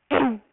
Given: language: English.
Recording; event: throat vibration sensor signal played as sound; throat clearing